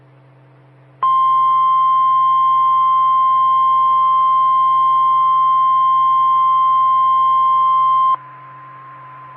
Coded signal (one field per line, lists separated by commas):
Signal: Emergency Alert System (SAME) tones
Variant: 1050 Hz attention tone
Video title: 2015-03-31 - W5RHS SKYWARN Repeater 147.120 Mhz